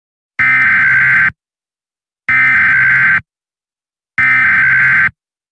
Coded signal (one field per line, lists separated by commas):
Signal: Emergency Alert System (SAME) tones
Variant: header bursts